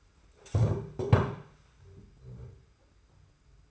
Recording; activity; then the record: daily activity, microphone in the room; stand up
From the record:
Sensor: 2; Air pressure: 991.5 hPa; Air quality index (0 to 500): 172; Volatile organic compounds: 1000 ppm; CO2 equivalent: 5557 ppm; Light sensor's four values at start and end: 28/88/34/32 and 25/80/31/30